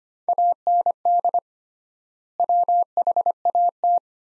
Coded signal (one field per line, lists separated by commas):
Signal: Morse code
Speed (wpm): 25 wpm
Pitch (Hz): 700 Hz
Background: none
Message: AND WHAT